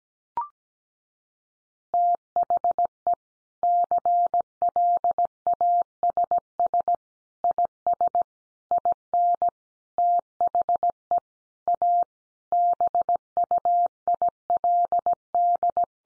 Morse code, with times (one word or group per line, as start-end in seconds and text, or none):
1.9-3.1 THE
3.6-6.9 CLASS
7.4-8.2 IS
8.7-9.5 IN
10.0-11.2 THE
11.7-12.0 A
12.5-15.8 BUILD